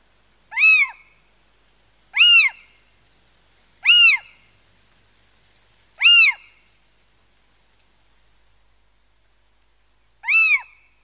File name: mocho galego